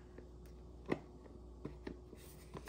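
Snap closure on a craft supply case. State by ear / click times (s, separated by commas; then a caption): not seated / none. A snap closure on a craft supply case is pressed shut again, and it fails to snap shut. Only a few faint, short ticks and taps are heard against a steady low hum, the sharpest near 0.9 s. Nothing has seated or clicked yet.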